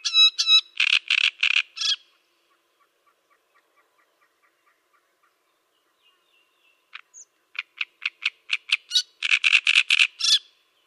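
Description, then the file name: Great reed warbler song in two bursts of grating, croaky notes with a few high squeaks, separated by several seconds of near silence holding faint ticking sounds. "Cannareccione"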